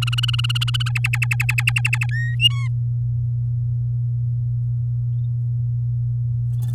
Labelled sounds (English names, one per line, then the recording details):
Domestic Canary song
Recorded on 9 May 2018 at 12:54
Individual llb16